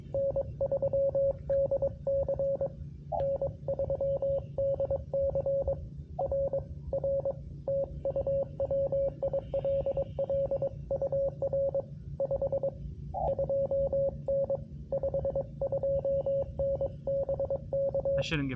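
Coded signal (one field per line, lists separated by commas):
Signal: Morse code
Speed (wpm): 22 wpm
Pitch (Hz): 550 Hz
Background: speech, radio noise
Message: N3DC N3DC R R TU WILL UR 52N 52N BK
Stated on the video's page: Morse from a Parks on the Air and WWFF activation on 10 meters, sent with a field paddle on a QRP Labs QMX High-Band rig into an end-fed half-wave antenna.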